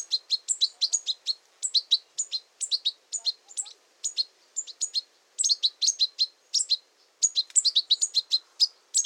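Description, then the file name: European goldfinch calls, bright tinkling twitters in quick clusters, repeated throughout with brief pauses. "Carduelis carduelis"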